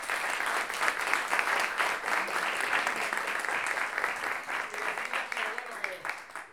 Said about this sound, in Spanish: Así que un aplauso para ellos.